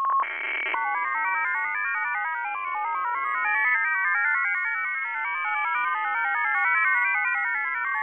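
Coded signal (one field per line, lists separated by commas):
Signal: multi-tone FSK (Olivia or MFSK type)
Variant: F07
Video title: F07 Data Mode 13/06/2024 2050 UTC 13389kHz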